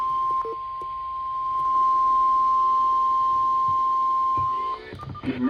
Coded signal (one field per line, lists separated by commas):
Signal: Emergency Alert System (SAME) tones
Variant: 1050 Hz attention tone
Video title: EAS #962 & #963 Severe Thunderstorm Warnings